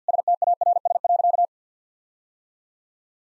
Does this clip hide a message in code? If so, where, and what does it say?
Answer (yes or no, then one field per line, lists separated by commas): yes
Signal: Morse code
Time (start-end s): 0.1-1.4 s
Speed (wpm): 50 wpm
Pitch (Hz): 700 Hz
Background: none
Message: STARS.